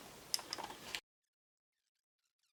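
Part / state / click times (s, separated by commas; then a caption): upper body cover onto lower body shell of a hexacopter drone / seated / 0.3 s, 0.5 s. The plastic upper body cover of a Typhoon H hexacopter drone is pressed onto the lower body shell after its mainboard was replaced following water damage. Short, sharp, modest clicks sound at 0.3 s and 0.5 s over a light rustle, with another brief snap near 0.9 s before the sound cuts to silence at about 1.0 s. The shell halves are seated together.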